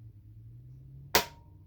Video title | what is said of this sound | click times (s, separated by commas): 98-2002 Honda Accord transmission Rebuild part 1 BAXA-MAXA | till it clicks | 1.2 s